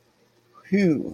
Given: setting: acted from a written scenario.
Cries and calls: vocal sound without words; romantic love

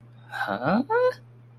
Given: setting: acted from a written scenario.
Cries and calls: vocal sound without words; confusion

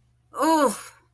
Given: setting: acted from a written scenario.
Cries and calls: vocal sound without words; pain

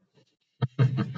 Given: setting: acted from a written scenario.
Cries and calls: vocal sound without words; contentment

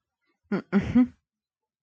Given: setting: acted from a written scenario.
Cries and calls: vocal sound without words; contempt

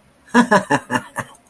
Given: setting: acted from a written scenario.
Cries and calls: vocal sound without words; amusement

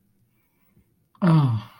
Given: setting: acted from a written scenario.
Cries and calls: vocal sound without words; adoration

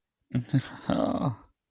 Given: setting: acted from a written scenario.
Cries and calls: vocal sound without words; elation

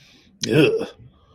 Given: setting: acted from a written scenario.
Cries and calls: vocal sound without words; disgust

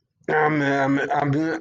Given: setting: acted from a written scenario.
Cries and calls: vocal sound without words; embarrassment

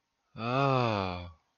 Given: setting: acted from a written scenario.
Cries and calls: vocal sound without words; sympathy

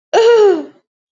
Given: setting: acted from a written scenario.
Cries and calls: vocal sound without words; desire

